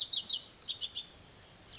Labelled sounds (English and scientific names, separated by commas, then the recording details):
Lazuli Bunting (Passerina amoena)
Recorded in Sonoma County, California